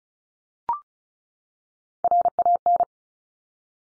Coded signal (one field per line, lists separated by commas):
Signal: Morse code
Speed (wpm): 36 wpm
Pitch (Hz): 700 Hz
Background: none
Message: RAN